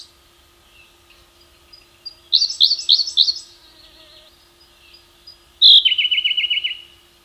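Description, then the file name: Siberian rubythroat song: a loud burst of repeated high, slurred notes, some quieter warbled phrases, then a bright high note followed by a fast, even trill-like series. "suara berkecet siberia omkicau"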